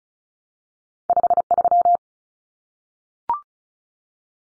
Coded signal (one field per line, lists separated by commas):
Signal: Morse code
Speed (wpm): 34 wpm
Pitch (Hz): 700 Hz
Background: none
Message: 53